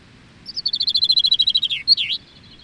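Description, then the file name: Chaffinch song: a quick run of bright, even notes that slowly descend, ending in a sharp flourish that dips and rises, over a quiet background hum. Recorded at Gistel. "vink gistel"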